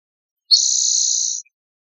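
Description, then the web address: Spotted towhee giving one flat, high-pitched buzzy note of about one second, uniform throughout. Buzz call recorded in northwestern California. "nwcal SPTO buzz"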